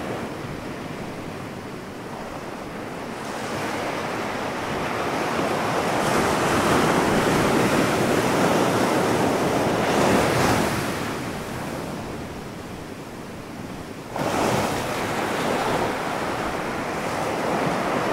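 Gentle waves wash ashore in a continuous hiss, swelling gradually toward the middle and easing off around ten seconds. A fresh wave breaks near fourteen seconds, adding a brighter rush. The sound is soft and steady, with a faint airy wind underneath.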